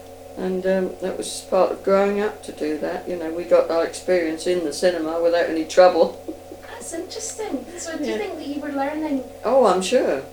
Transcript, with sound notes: And erm, that was part of growing up to do that. You know, we got our experience in the cinema without any trouble. [laughs]
That's interesting. So do you think that you were learning--
Oh I'm sure.